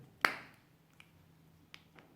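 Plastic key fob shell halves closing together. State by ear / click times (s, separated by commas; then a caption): seated / 0.2 s. The two plastic halves of a pill-shaped key fob for a 1994–2001 Acura Integra are pressed back together after a battery replacement and snap shut with one loud, sharp click at 0.3 s. A few faint ticks follow at about 1.0 s, 1.7 s and 2.0 s. The shell is seated and the fob's light comes on.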